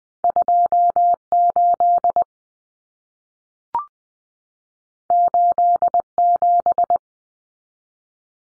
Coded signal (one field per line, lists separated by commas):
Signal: Morse code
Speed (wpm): 20 wpm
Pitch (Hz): 700 Hz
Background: none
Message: 28 87